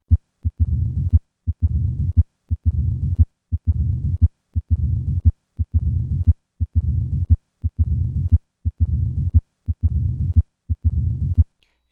The change in the murmur of left atrial myxoma with a change in body position. Left lateral position. Left atrial myxoma can mimic mitral stenosis in almost every aspect.